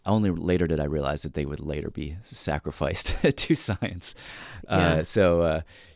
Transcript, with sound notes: Only later did I realize that they would later be sacrificed (laughter) to science.
Yeah.